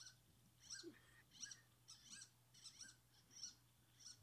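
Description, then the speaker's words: Harlequin duck calls: a series of thin, very high squeaky notes in short bursts, some with a lower slurred tone, against a low steady hum. Very high-pitched, squeak-toy-like call; played on radio. "That's the sound of a harlequin duck."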